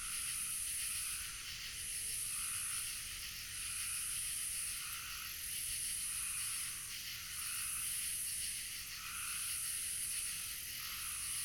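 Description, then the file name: Frogs calling in a dense night chorus: a high, shrill, pulsing sound with short rasping bursts repeating at irregular intervals. Several frogs calling at night among lily pads. "Lilipads and frogs at night"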